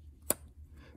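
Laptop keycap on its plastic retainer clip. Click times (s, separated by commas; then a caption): 0.3 s. A plastic laptop keycap on its plastic retainer clip is pushed up from underneath with a tool while being kept flat. The clip lets go with a single sharp click at 0.3 s over a low steady hum. The keycap is released, unclipped from its retainer.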